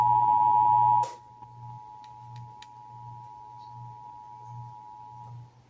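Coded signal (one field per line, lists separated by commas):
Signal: Emergency Alert System (SAME) tones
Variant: 853 and 960 Hz attention tone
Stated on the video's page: Texas Required Monthly Test for October 2024, heard on several Dallas–Fort Worth radio and TV stations.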